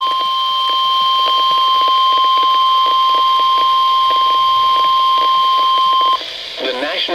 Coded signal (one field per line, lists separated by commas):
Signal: Emergency Alert System (SAME) tones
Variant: 1050 Hz attention tone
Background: speech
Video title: Severe Thunderstorm Warning (EAS #130)